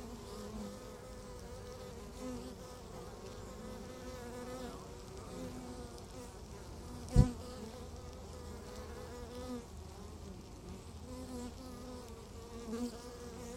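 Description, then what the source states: Honey bee hum, a continuous low drone of many insects, broken by one sharp click near the middle. Beehive at Laren Gld., July 17th 2015; not a binaural recording.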